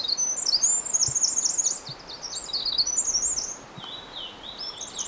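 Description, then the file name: Eurasian wren song: a rapid, high-pitched run of trills and twittering notes, with a short pause before another fast high phrase; steady background hiss. "Troglodytes troglodytes"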